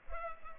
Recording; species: mosquito wingbeat signal from an infrared sensor; Culex pipiens